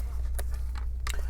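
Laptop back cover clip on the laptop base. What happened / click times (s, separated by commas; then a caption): The cover clips snapped free / 0.4 s, 1.1 s. A metal prying tool pushes the aluminium back cover of a 2020 MacBook Pro A2338 M1 to release the clips that hold it to the laptop base, with no screw on that side. Sharp snaps ring out at 0.4 s and 1.1 s, with a fainter tick near 0.8 s, over a steady low hum. The back cover clips pop open and the cover is released.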